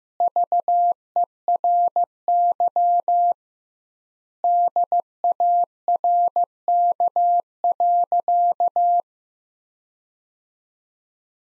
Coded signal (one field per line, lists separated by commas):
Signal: Morse code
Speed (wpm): 15 wpm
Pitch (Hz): 700 Hz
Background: none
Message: VERY DARK.